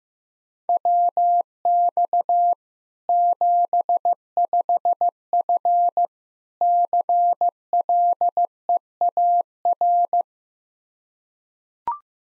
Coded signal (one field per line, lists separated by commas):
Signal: Morse code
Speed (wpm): 15 wpm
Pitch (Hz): 700 Hz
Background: none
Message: WX 75F CLEAR